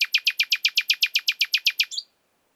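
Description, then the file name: Common nightingale delivering about fifteen sharp, evenly spaced notes in quick succession, finishing with a brief rising slur. "Luscinia megarhynchos"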